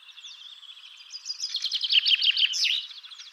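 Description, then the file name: Common chaffinch song: a cascade of sharp, repeated notes building in loudness and ending with a rising-falling flourish. "Fringilla coelebs"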